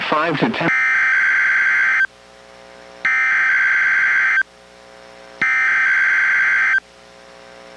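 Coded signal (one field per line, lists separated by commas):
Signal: Emergency Alert System (SAME) tones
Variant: header bursts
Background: speech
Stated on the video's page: NOAA Weather Radio required weekly test from NWS Portland, relayed by Astoria transmitter, recorded from a Reecom R-1630 weather radio via Zoom H1 recorder.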